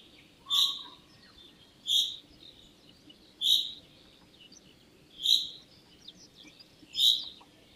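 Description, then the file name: Common chaffinch giving five short, sharp metallic call notes at slightly uneven intervals, with a faint low hum underneath and a brief lower note near the start. "Fringilla coelebs"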